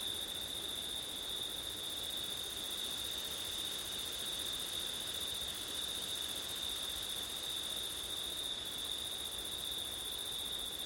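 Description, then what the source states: Steady cricket song, a sustained high trill with faint higher buzzing, set against a continuous broad hiss of wind. Crickets on a windy September night; ortif recording.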